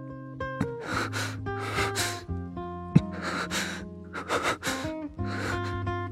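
A man pants heavily, harsh breathy gasps coming in uneven bursts, some doubled, over a steady low musical drone with sustained tones.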